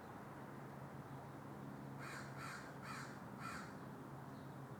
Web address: Blackmagic Fairlight Sounds. Daytime Ambience with Car Drive-Bys and Crow